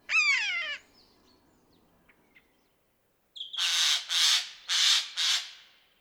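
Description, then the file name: Eurasian jay giving a descending mewing whistle, then after a pause four harsh, rasping screeches in quick succession, each about half a second long. "geai des chenes"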